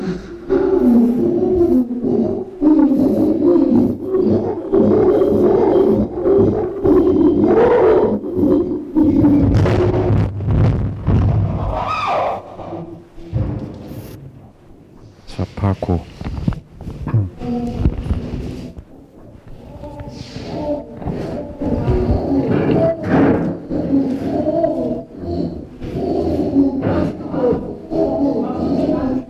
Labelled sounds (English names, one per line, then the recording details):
Chimpanzee
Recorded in captivity
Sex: diverse
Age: diverse
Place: Tierpark Berlin, Berlin, DE
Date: 1964-11-29 10:00
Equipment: Telefunken Magnetophon 300, Sennheiser MD 421, Transistorverstärker, Kopie Smaragd
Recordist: Tembrock, Günter